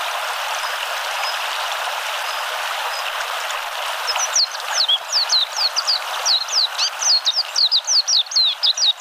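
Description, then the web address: Warbling white-eye: after about four seconds of faint high notes over steady background noise, a rapid run of sharp, high, slurred notes, louder in the second half. Ryukyu form of the warbling white-eye. "sikioto birds ryukyumeziro"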